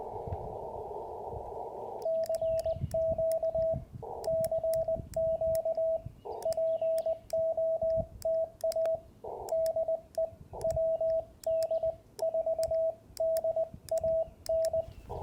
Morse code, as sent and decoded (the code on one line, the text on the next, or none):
-.-. --.- / -.-. --.- / .--. --- - .- / -.. . / .-- -.. ....- -.. .- -.
CQ CQ POTA DE WD4DAN